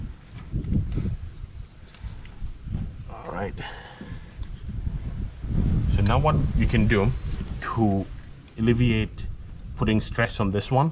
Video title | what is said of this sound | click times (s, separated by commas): How to replace Toyota Camry Spark Plugs 2003 to 2011 2AZFE engine + helpful advice | should be able to just snap that back into place and you should hear a satisfying click all | 3.3 s